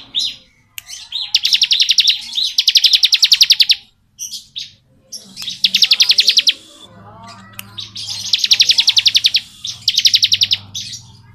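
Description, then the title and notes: Bar-winged prinia pouring out fast high trills in repeated bursts, nearly continuous. Song style called ngebren; recording used as tutor audio for training white-rumped shamas (murai batu). "Ciblek Ngebren Untuk Masteran Murai Batu. Suara burung ciblek - Suara Nada"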